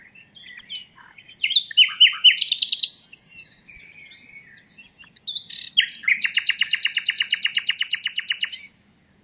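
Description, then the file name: Common nightingale singing short varied phrases, then a long, very fast trill of identical pulsed notes lasting nearly three seconds. "Luscinia megarhynchos"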